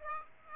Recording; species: mosquito wingbeat signal from an infrared sensor; Aedes aegypti